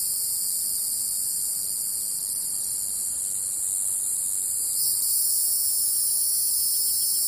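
Cicada buzzing as a continuous shrill hiss that swells slightly louder about two-thirds of the way through, otherwise unbroken and even.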